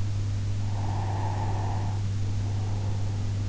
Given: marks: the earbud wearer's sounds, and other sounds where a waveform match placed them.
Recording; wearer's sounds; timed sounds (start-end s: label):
sounds in sleep by an in-ear microphone; breath
0.78-3.32 s: breath